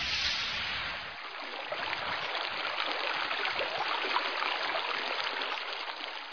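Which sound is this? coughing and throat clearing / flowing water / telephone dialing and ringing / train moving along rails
flowing water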